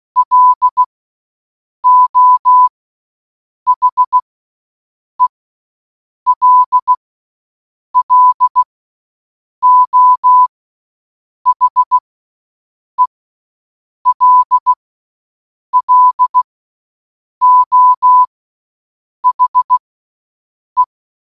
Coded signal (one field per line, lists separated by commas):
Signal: Morse code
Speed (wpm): 16 wpm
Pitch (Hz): 1000 Hz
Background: none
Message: LO HELLO HELLO HE